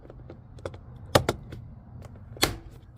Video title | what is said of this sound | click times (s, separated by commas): Forester Wilderness Shadow Door Lights Install (25 dollars) | and it clicks right in so from here we should | 1.1 s